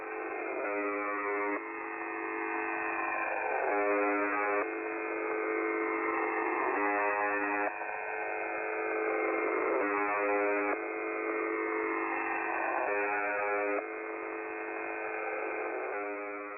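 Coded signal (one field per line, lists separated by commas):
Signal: channel marker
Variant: UVB-76 (The Buzzer)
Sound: rough, low buzz about once every three seconds, each about a second long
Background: radio static, swishing interference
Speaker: so firstly what is the buzzer well it's widely and actually wrongly known as UVB 76 the call sign wasn't actually UVB 76 but rather use zb76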